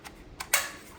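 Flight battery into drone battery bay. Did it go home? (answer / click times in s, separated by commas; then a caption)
yes / 0.4 s, 0.5 s. A flight battery, its protective tape removed, is pushed into the rear battery bay of a small plastic SkyRover X1 drone. A short click at 0.4 s is followed by a louder, sharp latching click at 0.5 s that rings out briefly. The battery is seated with a good click.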